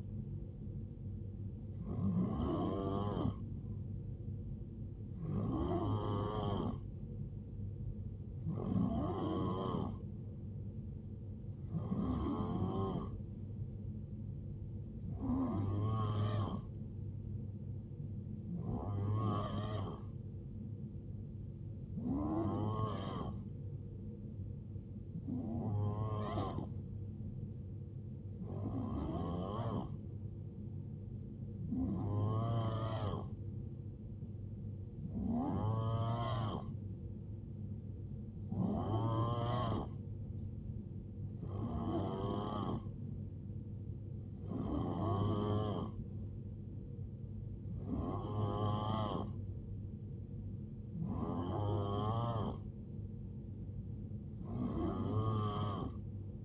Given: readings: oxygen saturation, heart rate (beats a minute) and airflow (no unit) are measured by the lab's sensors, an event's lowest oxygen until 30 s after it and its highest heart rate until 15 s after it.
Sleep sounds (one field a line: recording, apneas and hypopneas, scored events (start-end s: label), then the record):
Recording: breathing in sleep by a smartphone at the bedside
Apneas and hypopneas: none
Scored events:
none scored
From the record:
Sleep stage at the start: N3 (deep sleep)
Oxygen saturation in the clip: 89 to 91%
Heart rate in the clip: 65 to 75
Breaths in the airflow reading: 17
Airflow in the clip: -7.2 to 4.7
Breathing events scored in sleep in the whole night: 389 in 6.3 hours asleep